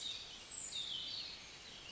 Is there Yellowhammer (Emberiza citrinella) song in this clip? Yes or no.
no